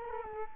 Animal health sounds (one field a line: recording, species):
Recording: mosquito wingbeat signal from an infrared sensor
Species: Culex quinquefasciatus